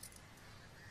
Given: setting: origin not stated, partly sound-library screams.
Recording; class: one-second piece from a danger detection set; normal situation